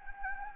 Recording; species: mosquito wingbeat signal from an infrared sensor; Anopheles gambiae